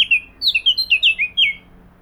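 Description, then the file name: Eurasian blackcap song, one brief phrase of rich fluty whistles, each note sliding downward, delivered in rapid succession and ending on a longer whistle. "Sylvia atricapilla"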